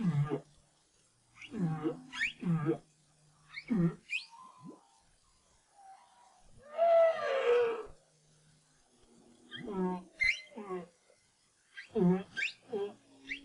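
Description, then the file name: Humpback whale song phrase: a run of short swooping grunts and whoops, a long harsh moaning unit midway, then more rising and falling calls. Recorded in 2011. "BRAHSS Whale Song"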